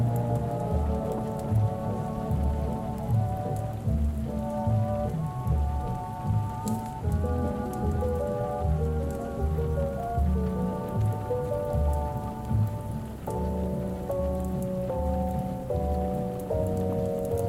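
Oldies play in another room, a steady muffled song with a sustained melody line over a regular thumping bass and faint crackly hiss.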